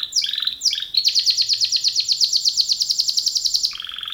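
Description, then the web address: Canary song: bright high trills and rapid pulsed rolls, a long fast buzzy tour of repeated notes, then a lower rolling trill at the end. Male canary. "kenar businka canto kenar"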